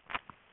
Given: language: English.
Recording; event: throat vibration sensor signal played as sound; swallow